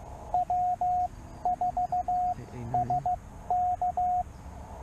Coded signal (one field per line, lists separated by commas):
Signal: Morse code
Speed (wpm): 15 wpm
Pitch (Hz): 690 Hz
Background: radio noise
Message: W4SK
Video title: My 1st Solo Pota Activation. Parks on the Air, CW from K-2943